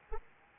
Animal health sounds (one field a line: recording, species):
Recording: mosquito wingbeat signal from an infrared sensor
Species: Anopheles arabiensis